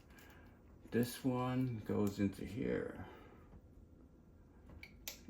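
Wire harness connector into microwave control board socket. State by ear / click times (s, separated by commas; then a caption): seated / 5.1 s. Someone talks while pushing an orange plastic wire-harness connector into its socket on the control panel board of a Samsung microwave whose buttons weren't working. A sharp snap is heard at 5.1 s, with faint ticks just before and after. The connector is seated in the board.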